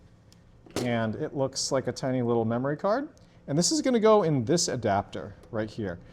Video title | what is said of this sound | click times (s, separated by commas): GPL Makerspace - Digitization Station - ClearClick Tutorial | So with your nails, you push this in, it's a little clicky, | 0.3 s